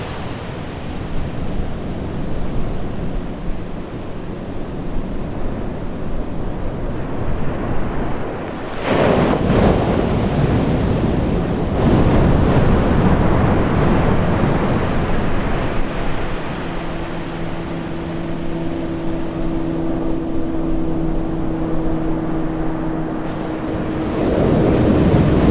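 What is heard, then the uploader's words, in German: A night by the Pacific: a steady low roar of surf and wind fills the whole stretch, swelling louder around nine seconds and again near twelve. From about fifteen seconds a faint low hum with a steady tone runs beneath the wash until near the end. Ozeanische Träume - Eine Nacht am Pazifik.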